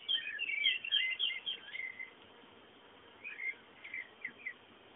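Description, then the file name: Bird twittering: a dense run of high warbled chirps for two seconds, a pause, then a few scattered notes, with background hiss. "fondo pajaros"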